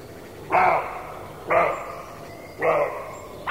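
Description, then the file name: Roe deer barking: four hoarse, harsh barks about one second apart, the last cut off at the end, each short and rough, over a low background hiss. Male roe deer (buck). "srnec"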